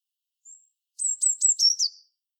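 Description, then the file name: Eurasian blue tit singing: one thin high note, then a quick run of several sharp descending notes ending in a short buzzy trill. "Cyanistes caeruleus"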